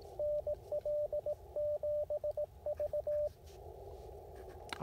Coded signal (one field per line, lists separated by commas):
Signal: Morse code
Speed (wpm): 17 wpm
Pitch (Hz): 590 Hz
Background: radio noise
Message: NL7V